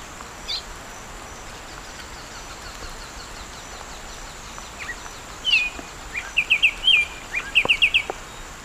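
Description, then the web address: Black-striped sparrow song: a slurred note followed by several quick bursts of short chipping notes in the second half. Song; eastern lowlands of South America. "Natures Songs S America Eastern Lowlands. Arremonops conirostris, song"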